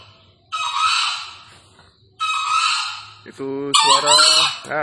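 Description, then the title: Green junglefowl crowing: two harsh, hoarse, screechy calls a couple of seconds apart, then a third rougher call preceded by a brief lower sound. Wild green junglefowl, released free, calling persistently from up in a tree; used as a lure for junglefowl. "Panggilan Ayam Hutan Liar. Ayam Hutan Hijau Dilepas Bebas n Bunyi Gacor Diatas Pohon"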